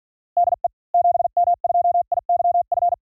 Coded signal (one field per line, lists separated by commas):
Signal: Morse code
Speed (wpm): 48 wpm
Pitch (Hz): 710 Hz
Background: none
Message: DE 7M2IYF